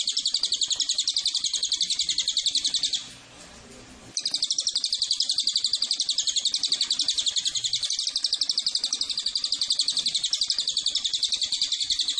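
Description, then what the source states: Cililin call, a shrill buzzy rattle of quick repeated notes near four per second, continuing almost throughout with one brief break of about a second. Tutor track for training cage birds and lure to attract Cililin.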